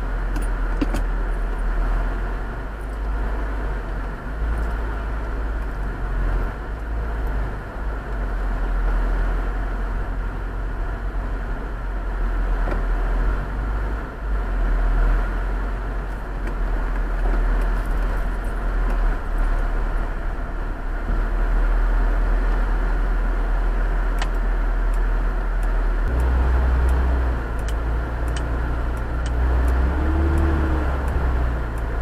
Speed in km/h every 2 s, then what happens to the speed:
0, 0, 0, 0, 0, 0, 0, 0, 0, 0, 0, 0, 0, 0, 0, 0.
0-32 standing.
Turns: none.